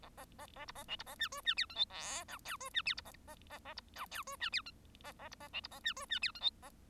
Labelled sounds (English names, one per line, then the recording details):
Bengalese Finch song
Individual Bird1